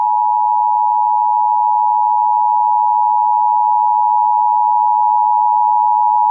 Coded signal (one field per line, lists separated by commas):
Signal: Emergency Alert System (SAME) tones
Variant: 853 and 960 Hz attention tone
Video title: EAS High Wind Warning Southern Alaska NOAA Weather Radio (KINY)